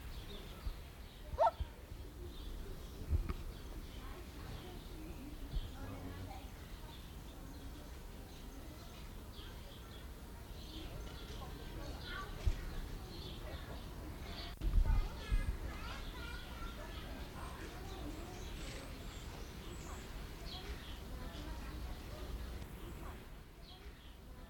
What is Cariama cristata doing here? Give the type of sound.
call